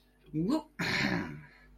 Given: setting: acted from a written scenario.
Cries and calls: vocal sound without words; triumph

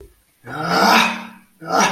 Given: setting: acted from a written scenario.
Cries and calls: vocal sound without words; pain

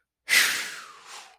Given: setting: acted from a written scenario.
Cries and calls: vocal sound without words; pride

